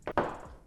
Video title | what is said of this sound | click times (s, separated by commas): Test Creality CR-6 SE (unboxing, assemblage, réglages et print, le reste sur le blog) | vient se fixer directement se clipser dans le profil est en alu donc | 0.2 s